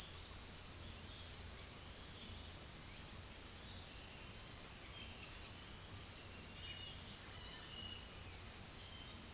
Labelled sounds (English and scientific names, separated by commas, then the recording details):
none
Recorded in pastures near Puerto Asís, Putumayo, Colombia, on 23 June 2025 at 17:30
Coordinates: 0.466, -76.322
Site GP07